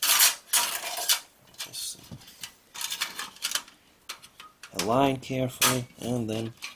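A rear motherboard I/O shield plate is being lined up with the rear opening of a desktop case, with light metallic taps and rattles as it is handled while someone talks. Nothing has seated or clicked yet; the clip ends just before the shield is pushed in to snap into place.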